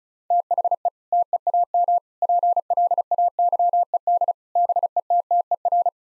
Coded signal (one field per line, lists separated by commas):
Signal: Morse code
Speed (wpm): 36 wpm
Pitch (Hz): 700 Hz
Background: none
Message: THE TEAM PLAYED BETTER